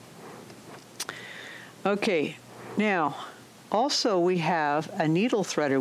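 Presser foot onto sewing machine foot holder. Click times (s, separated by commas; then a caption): 1.0 s, 1.1 s. On an Elna eXperience 560 sewing machine, the presser foot lifter is lowered so the snap-on presser foot clips back onto the metal foot holder. Two sharp clicks sound at 1.0 s and 1.1 s as the foot seats, and someone then talks.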